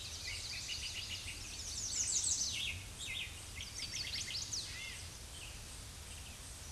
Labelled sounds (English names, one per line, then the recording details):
American Redstart song
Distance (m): 15 m
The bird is about 5 m above the microphone
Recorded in a Pennsylvania forest on 16 May 2024 at 06:52
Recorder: AudioMoth, point MSD-2345
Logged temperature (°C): 15.5 °C
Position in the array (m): 124 m, 210 m